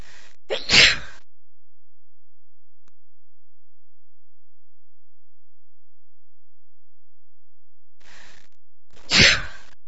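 Two sneezes from an adult woman, about eight seconds apart, each a soft breath in followed by an explosive burst.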